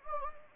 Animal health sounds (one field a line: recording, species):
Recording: mosquito wingbeat signal from an infrared sensor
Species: Anopheles gambiae